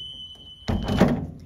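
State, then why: Seated. During a school bus pre-trip check, the rear emergency door is closed and its metal latch catches in the door frame with a single loud thunk at 0.7 s, locking the door in place. A steady high-pitched tone sounds before the thunk and stops at that moment, followed by a brief broadband rumble that fades by about 1.3 s.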